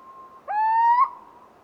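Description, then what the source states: Little owl hoot: a faint level tone, then a louder whistled note rising slightly for about half a second before stopping abruptly, with a quiet tail. Hooting emerging from two quieter call types.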